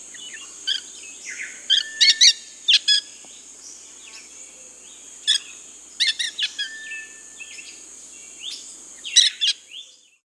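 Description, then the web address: Dusky-headed parakeet giving harsh, screechy calls in short clustered bursts, several close together around two seconds, then scattered repeats, over a steady high insect-like hiss. Recorded in Peru, Amazon region. "S America Birds of the Amazon. Dusky-headed Parakeet (Aratinga weddellii), Peru"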